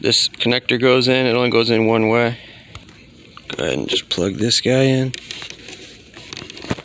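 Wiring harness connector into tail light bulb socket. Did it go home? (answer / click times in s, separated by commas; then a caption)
yes / 6.3 s. Someone talks while pushing the tail light wiring harness connector, which fits only one way, into the bulb socket housing during a 2004 Sienna brake light bulb replacement. Talking fills the first half, with short crackling handling noises around 2.8–3.4 s and again near the end. A sharp click at 6.3 s marks the connector seating in place.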